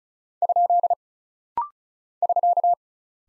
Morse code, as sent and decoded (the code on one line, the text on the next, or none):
..--.. / ...-.-
? <SK>